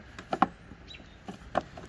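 With the tailgate closed on a 2011 Honda CR-V, a thumb pushes the retaining tab of the plastic license plate light housing in the rear tailgate trim sideways, and a sharp click is heard at 0.4 s among a few softer taps and ticks. The housing releases and comes loose so it can be tilted out.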